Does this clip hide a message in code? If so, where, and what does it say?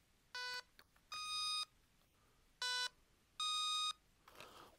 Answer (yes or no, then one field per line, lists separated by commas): no